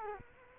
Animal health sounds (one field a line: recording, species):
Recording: mosquito wingbeat signal from an infrared sensor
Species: Culex quinquefasciatus